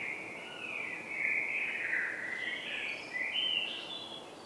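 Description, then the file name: Common blackbird in a continuous warbled, fluty phrase that wavers up and down and ends in higher notes, with steady background hiss. "Turdus merula"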